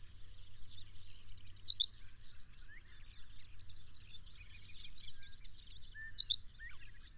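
Bird song: two brief, very high phrases of quick descending notes a few seconds apart, over a steady high-pitched hum and a faint low rumble.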